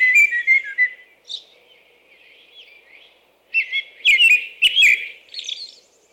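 American robin song: a run of whistled phrases, a long quiet stretch with faint notes, then a loud burst of warbled carols.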